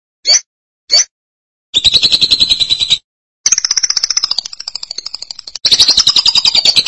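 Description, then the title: Lovebird chattering: two short sharp chirps, then rapid buzzy trilled chatter in long high-pitched bursts with brief pauses between them. "BM Suara Burung Lovebird"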